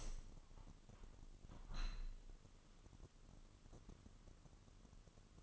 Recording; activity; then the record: daily activity, microphone in the room; open window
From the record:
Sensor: 4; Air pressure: 998.8 hPa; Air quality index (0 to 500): 113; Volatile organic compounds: 2 ppm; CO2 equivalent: 1111 ppm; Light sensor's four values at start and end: 10/24/9/10 and 10/24/9/10